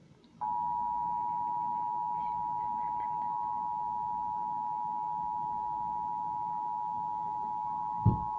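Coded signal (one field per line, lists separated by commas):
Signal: Emergency Alert System (SAME) tones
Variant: 853 and 960 Hz attention tone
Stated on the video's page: National-level EAS alert received and captured on a TV.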